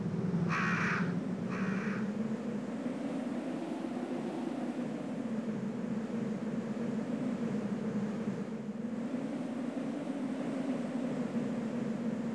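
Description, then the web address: Crow giving two rough caws close together near the beginning, followed by a continuous deep mechanical drone with no further calls. "hallow cuervos"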